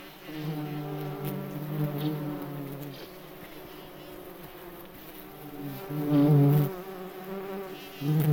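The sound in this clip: Bumblebee buzz, a low humming drone that softens in the middle and swells again strongly toward the end.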